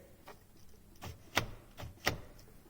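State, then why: Not seated. A new plastic turn signal switch for a 2008–2012 Chevrolet Malibu is slid into its mount on the steering column, making a few short, sharp plastic taps and knocks, the loudest near 1.4 and 2.1 seconds. The switch has not clicked into place yet.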